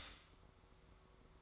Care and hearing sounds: daily activity, microphone in the room; stop toaster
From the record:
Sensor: 3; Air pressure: 1004.2 hPa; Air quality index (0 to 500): 201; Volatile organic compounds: 15 ppm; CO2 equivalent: 2511 ppm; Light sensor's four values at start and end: 4/11/4/4 and 4/11/4/4

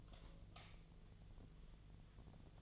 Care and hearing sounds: daily activity, microphone in the room; light off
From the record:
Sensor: 4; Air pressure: 1010.6 hPa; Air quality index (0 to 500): 175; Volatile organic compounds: 5 ppm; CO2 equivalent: 1778 ppm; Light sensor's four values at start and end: 36/105/42/42 and 36/104/41/41

